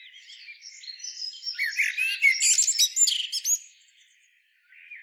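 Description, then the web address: Common blackbird calling in a fast, harsh chattering series of squawks and clicks that builds to a loud peak, stops abruptly, and is followed by one faint note. "SETE Turdus merula"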